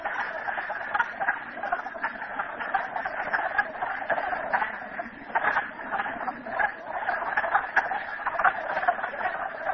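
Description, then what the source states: Frogs calling in a dense, continuous chorus of overlapping rattling trills, a steady pulsing wall of sound with no clear pauses. Frogs at Merryspring.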